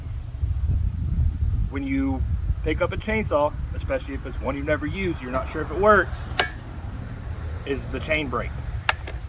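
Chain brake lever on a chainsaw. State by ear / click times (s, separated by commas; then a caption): seated / 8.9 s. Someone talks over a steady low rumble, then pushes the chain brake lever (hand guard) forward on a chainsaw. It snaps into the engaged position with a sharp click at 8.9 s, followed by a fainter tick at 9.1 s. The chain brake is on.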